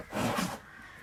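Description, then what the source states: Bull snorting: a single harsh, breathy burst lasting about half a second, followed by quiet background hiss. Bull described as furious and aggressive.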